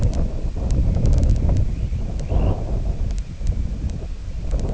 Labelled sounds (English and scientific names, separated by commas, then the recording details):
Dunlin (Calidris alpina)
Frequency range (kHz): Dunlin (Calidris alpina) 1.7-3.6 kHz
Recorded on Arctic tundra, site IGLO-D, on 19 June 2018
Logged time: 22:00